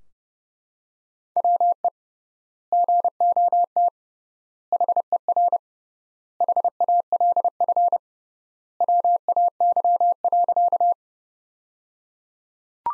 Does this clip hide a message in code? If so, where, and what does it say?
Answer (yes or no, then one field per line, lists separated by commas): yes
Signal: Morse code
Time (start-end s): 1.4-10.9 s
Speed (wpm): 30 wpm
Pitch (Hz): 700 Hz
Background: none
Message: WE GOT HER HALF WAY.